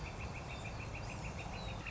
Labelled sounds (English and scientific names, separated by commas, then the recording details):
Northern Flicker (Colaptes auratus)
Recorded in Sonoma County, California